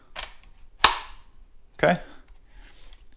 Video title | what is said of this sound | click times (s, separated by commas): Milwaukee FUEL 2904-20 Cordless Hammer Drill Tutorial and Bit Change | Just push in until you hear a click. | 0.8 s